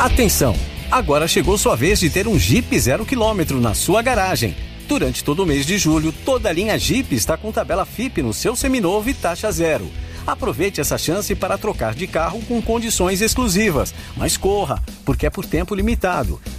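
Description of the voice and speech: Fluent, clear adult speech in Portuguese, a brisk radio advertisement read over background music; normal voice.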